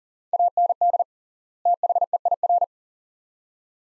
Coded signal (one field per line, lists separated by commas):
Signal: Morse code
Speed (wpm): 40 wpm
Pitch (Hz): 700 Hz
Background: none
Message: AND THEIR